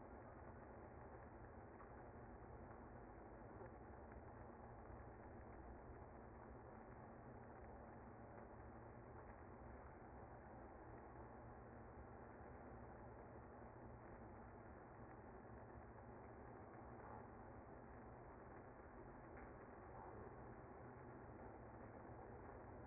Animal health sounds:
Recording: honeybee colony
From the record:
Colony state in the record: active

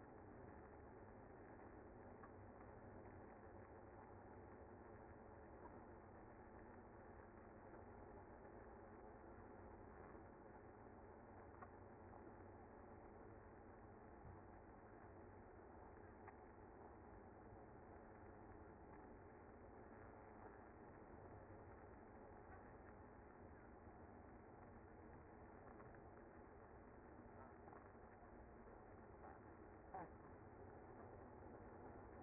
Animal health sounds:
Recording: honeybee colony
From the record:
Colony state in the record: active

